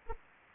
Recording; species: mosquito wingbeat signal from an infrared sensor; Anopheles arabiensis